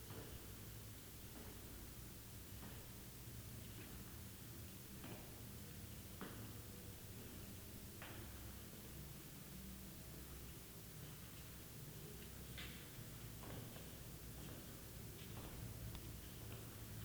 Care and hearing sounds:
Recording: daily activity, guitar pickup as the sensor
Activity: go downstairs

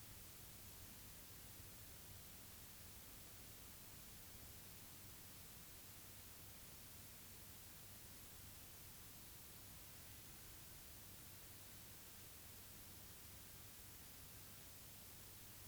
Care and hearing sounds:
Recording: daily activity, guitar pickup as the sensor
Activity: stand

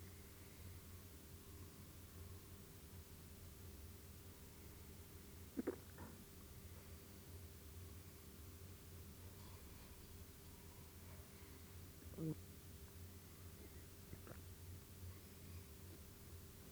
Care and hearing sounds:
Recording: daily activity, guitar pickup as the sensor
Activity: drink water

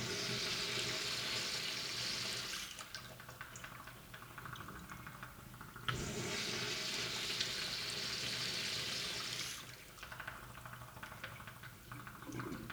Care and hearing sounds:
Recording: daily activity, guitar pickup as the sensor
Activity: flush

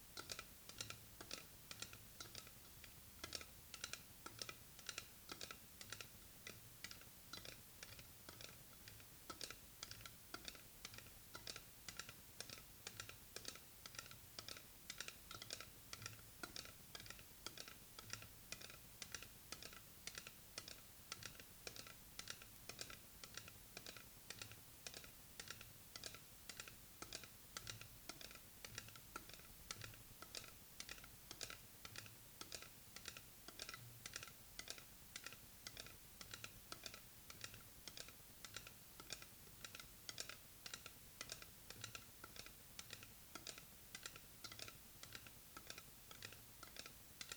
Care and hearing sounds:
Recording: daily activity, guitar pickup as the sensor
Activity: fry

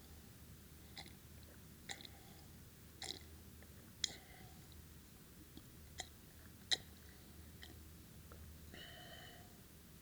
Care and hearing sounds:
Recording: daily activity, guitar pickup as the sensor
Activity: drink water

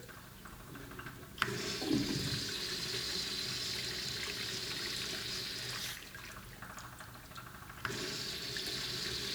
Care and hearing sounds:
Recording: daily activity, guitar pickup as the sensor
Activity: flush

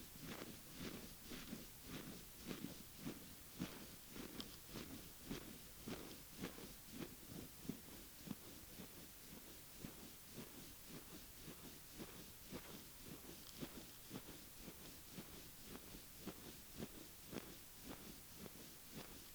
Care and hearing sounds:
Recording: daily activity, guitar pickup as the sensor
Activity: brush teeth

